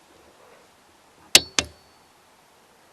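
A torque wrench is used for a further torque check on the lower steering shaft bolt. It gives two sharp clicks at 1.4 s and 1.6 s, and the check is confirmed at the setting. There is near-silence around them.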